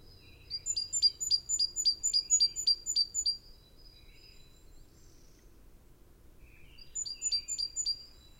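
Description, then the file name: Great tit calling: a fast run of about ten thin, high, clipped notes, then a pause and a shorter burst of the same sharp notes near the end; quiet background. "Parus major"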